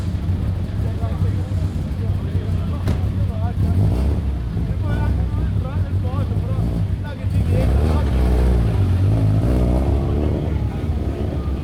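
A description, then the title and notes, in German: Cars start and idle in a small town square, with a steady low engine rumble running throughout. Voices talk over the motors, growing busier after about seven seconds as an engine revs louder. A sharp click sounds near the three-second mark. Die Quelle der absurden Autos war la Piazza Piccola di Sassuolo. Hab' ich also dort die startenden Autos aufgenommen und gestaunt, wie unterschiedlich die doch klingen.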